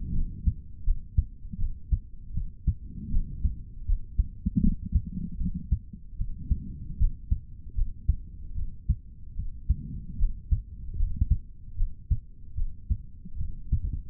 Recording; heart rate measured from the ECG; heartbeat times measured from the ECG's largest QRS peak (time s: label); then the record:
heart sounds by stethoscope; 77 bpm
0.12 s: heartbeat
0.84 s: heartbeat
1.57 s: heartbeat
2.33 s: heartbeat
3.10 s: heartbeat
3.85 s: heartbeat
4.60 s: heartbeat
5.37 s: heartbeat
6.17 s: heartbeat
6.97 s: heartbeat
7.75 s: heartbeat
8.54 s: heartbeat
9.35 s: heartbeat
10.17 s: heartbeat
10.96 s: heartbeat
11.76 s: heartbeat
12.55 s: heartbeat
13.37 s: heartbeat
From the record:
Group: healthy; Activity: rest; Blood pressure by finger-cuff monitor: 95/60 mmHg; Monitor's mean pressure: 74 mmHg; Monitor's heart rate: 77 bpm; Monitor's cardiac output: 4.2 L/min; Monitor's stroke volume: 54 mL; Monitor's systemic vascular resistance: 1270 dyn s/cm5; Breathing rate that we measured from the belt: 18 breaths a minute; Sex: male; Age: 55 years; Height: 167 cm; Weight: 57.2 kg